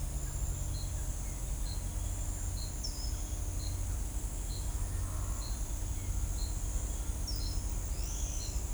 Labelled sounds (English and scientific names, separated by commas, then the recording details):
Ochre-lored Flatbill (Tolmomyias flaviventris), Pale-eyed Pygmy Tyrant (Atalotriccus pilaris)
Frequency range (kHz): Ochre-lored Flatbill (Tolmomyias flaviventris) 4.7-6.4 kHz; Pale-eyed Pygmy Tyrant (Atalotriccus pilaris) 2.2-7.2 kHz
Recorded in shrubland near Pivijay, Magdalena, Colombia, on 1 June 2023 at 07:30
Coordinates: 10.453, -74.365
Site P5-G022